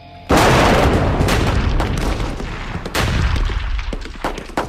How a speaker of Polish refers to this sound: Nie, ten wystrzał nie robi na mnie wrażenia.